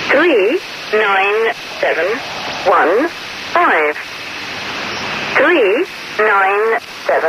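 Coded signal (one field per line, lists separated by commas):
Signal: numbers station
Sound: short, evenly spaced voiced syllables with bending pitch, heard through constant radio hiss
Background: radio static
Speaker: you've just heard is a number station, a shortwave radio frequency that generally broadcasts number sets, and in some cases an identifier that precludes the seemingly random string of numbers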